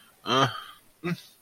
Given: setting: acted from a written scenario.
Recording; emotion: vocal sound without words; embarrassment